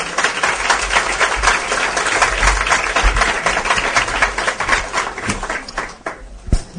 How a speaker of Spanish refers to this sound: Un aplauso